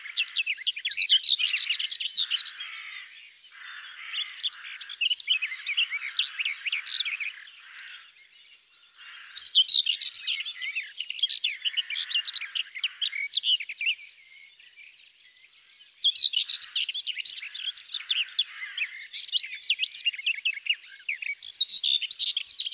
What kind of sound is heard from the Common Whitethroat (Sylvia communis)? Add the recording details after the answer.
song. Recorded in the wild. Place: Waltershofen / Freiburg im Breisgau, Baden-Württemberg, DE. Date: 2001-06-15. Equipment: MiniDisc Sharp MT 20 H. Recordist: Schwarz, Dieter